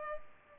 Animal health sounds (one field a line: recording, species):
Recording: mosquito wingbeat signal from an infrared sensor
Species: Culex pipiens